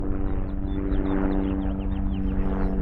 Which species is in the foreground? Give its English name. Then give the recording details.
House Finch. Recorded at North Valley Stream on Long Island, New York, on 11 June 1975. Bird B